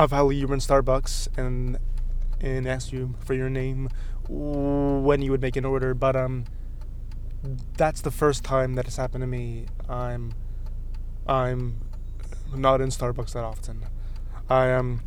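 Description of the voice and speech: Adult male speech with prolonged sounds, a repeated "I'm" and long silent blocks: stuttering disfluencies in a man who stutters a lot when saying his name.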